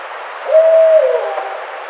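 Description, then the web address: Barred owl calling one long even hoot that trails off and drops at the close, with a quiet hissing background. Recorded 30 April 2009. "Barred Owl 2009 04 30"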